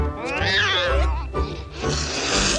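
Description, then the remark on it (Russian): A sitting white cat lets out a drawn-out, wavering yowl that rises and falls in pitch, then gives a harsh, breathy hiss as a puppy runs into it. No one speaks. “Наткнувшись на сидящую белую кошку, щенок бежит в противоположную сторону.”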